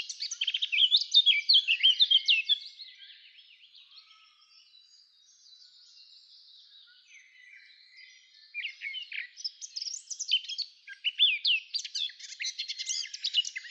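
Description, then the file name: Eurasian blackcap song: two bursts of rich, fast warbling, separated by about six seconds of soft, quiet twittering. "Sylvia atricapilla"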